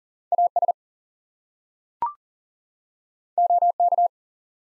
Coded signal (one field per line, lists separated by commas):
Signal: Morse code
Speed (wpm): 41 wpm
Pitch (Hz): 700 Hz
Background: none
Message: AS OK